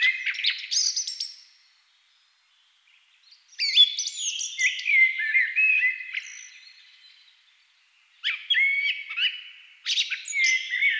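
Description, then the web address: Thrush song in separate bursts of fluty whistles and twittering flourishes, with quiet gaps between phrases. Several thrushes singing at dusk. "agykontroll CD 3-A természet hangjai Rigók szürkületkor"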